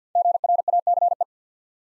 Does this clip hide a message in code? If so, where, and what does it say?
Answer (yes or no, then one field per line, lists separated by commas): yes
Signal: Morse code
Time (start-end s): 0.2-1.2 s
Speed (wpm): 54 wpm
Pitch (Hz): 700 Hz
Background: none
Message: GRACE